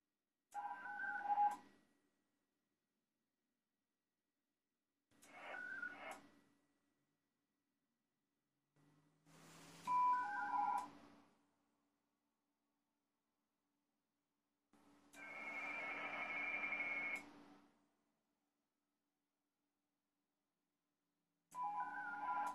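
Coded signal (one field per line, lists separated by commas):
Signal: HF data modem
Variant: ARDOP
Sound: five warbling multi-tone data bursts of one to three seconds, separated by silent pauses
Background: low hum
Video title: Piin likiarvon lähetys Ardop Winlink -protokollalla OH2RBB linkkiaseman kautta lokaatiosta KP10WR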